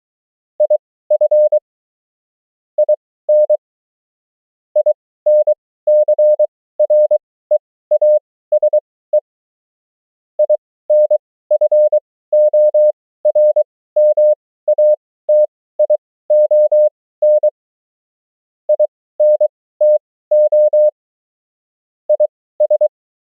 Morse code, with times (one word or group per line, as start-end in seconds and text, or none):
0.6-1.6 IF
2.8-3.6 IN
4.8-9.2 INCREASE
10.4-17.5 INFORMATION
18.7-20.9 INTO
22.1-22.9 IS